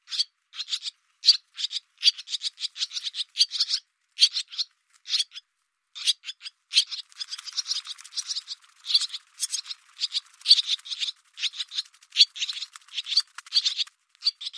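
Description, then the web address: Barn swallow giving rapid, rasping chirps in irregular bursts, with a denser, scratchier run in the middle before the sharp notes resume. "cianscape birddata Deverinetal 2025"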